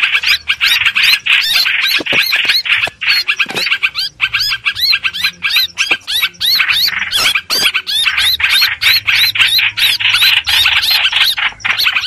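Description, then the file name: Streak-eared bulbul, busy harsh squeals and chatters, uneven in rhythm and loud throughout. Distress call used to call the flock together. "Tieng chim trao trao keu cuu goi bay"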